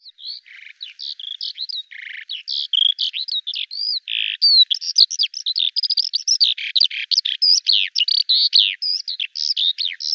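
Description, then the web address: Bird pouring out a fast, jumbled warble of high chirps, slurred whistles and buzzy notes, growing louder and denser after the first few seconds. "Deverinetal 2025 File cleaned normalized Bird Al Ar"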